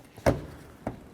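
A new plastic license plate lamp assembly for a 2006-2012 Ford Fusion is slid in and rolled up into its rear bumper opening against spring pressure. Its tab snaps in with a sharp click at 0.3 s, followed by a fainter tap at 0.9 s, and the lamp assembly is seated.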